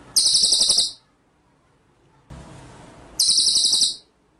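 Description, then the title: White-rumped shama song in two short bursts of high, fast, buzzy trilling, with a stretch of soft hiss between them. Masteran training track; full song in the style called ngerol nembak. "Masteran Murai Batu Full Ngerol Nembak"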